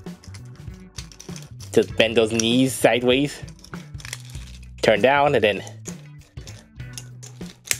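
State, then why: Seated. A plastic transforming robot toy is being changed into dinosaur mode while someone talks over background music. Its knee and leg joints are bent sideways and turned down, with small plastic clicks and handling noises throughout. At 7.7 s the leg joint locks into position with a sharp, solid click.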